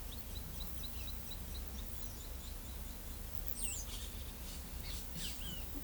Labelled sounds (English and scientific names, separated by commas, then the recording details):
Carib Grackle (Quiscalus lugubris), Palm Tanager (Thraupis palmarum), Great Kiskadee (Pitangus sulphuratus)
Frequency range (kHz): Carib Grackle (Quiscalus lugubris) 2.9-7.5 kHz; Palm Tanager (Thraupis palmarum) 2.4-14.0 kHz; Great Kiskadee (Pitangus sulphuratus) 1.0-5.2 kHz
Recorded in pastures near Pivijay, Magdalena, Colombia, on 3 June 2023 at 10:30
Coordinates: 10.456, -74.369
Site P6-G026